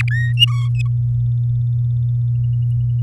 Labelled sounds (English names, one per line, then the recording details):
Domestic Canary song
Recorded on 7 May 2018 at 05:58
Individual llb16